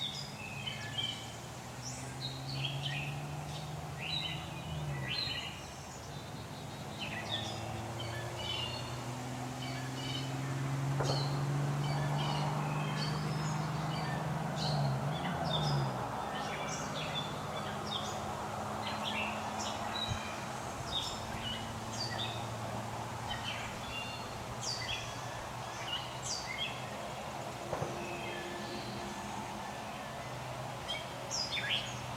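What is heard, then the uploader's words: Fledgling blue jays call in short, frequent bright chirps throughout, over a steady low hum that swells and dips midway. Fledgling Blue Jays.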